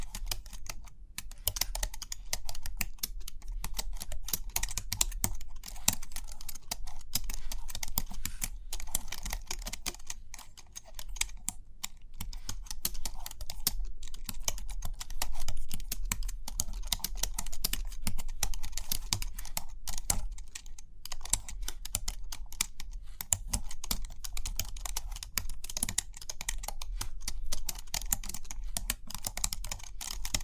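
Rapid, dense tapping runs through the whole half minute, crisp bright clicks packed closely like fast keyboard typing. The pace stays busy and fairly even, easing briefly around ten seconds, with a soft low hum underneath throughout.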